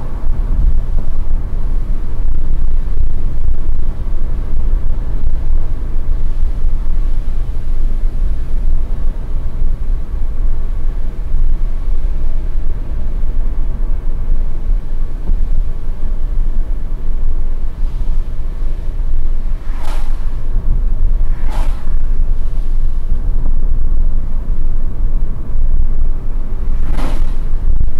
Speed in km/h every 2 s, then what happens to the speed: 87, 87, 85, 83, 80, 79, 75, 75, 68, 68, 69, 68, 70, 73.
0-16 slows to 68. 16-28 steady at about 68.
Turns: none.